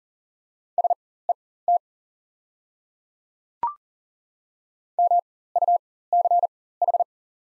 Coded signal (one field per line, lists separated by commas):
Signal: Morse code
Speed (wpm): 40 wpm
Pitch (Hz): 700 Hz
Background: none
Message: SET MUCH